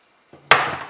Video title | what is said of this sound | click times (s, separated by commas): Upgrade Your C8 Corvette With A Killer New Exhaust System! | Until you hear that click. | 0.5 s